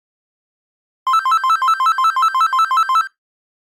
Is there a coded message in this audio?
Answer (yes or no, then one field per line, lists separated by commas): no